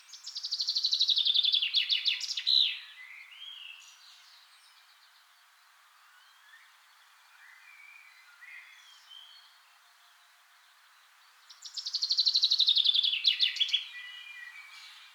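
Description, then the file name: Common chaffinch song repeated after a long pause: descending trills closing with a flourish, with quiet twittering and short whistles in the gap. "Fringilla coelebs"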